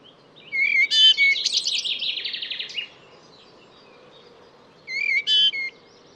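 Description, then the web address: Bird song: a long jumbled phrase of whistles running into a scratchy chattering trill, then a short whistled fragment after a pause; soft background hiss. "cianscape birddata Deverinetal 2025 Bird Only Tu Me Tu Me"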